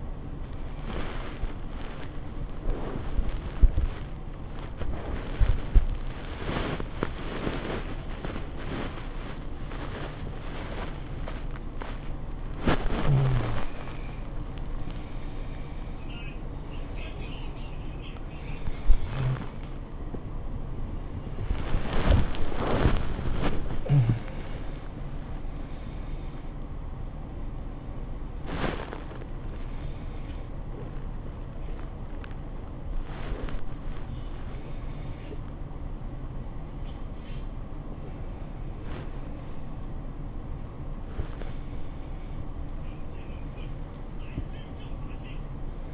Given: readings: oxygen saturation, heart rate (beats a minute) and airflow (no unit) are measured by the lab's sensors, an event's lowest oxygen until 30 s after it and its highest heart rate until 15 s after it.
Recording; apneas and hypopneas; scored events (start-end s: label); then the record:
a person awake in a sleep study, by a smartphone at the bedside; none
0.00-45.93 s: awake
From the record:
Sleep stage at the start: awake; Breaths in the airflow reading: 17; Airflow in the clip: -0.7 to 0.6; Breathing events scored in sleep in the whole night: 403 in 5.5 hours asleep